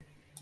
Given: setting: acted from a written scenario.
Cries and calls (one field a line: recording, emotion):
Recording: vocal sound without words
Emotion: shame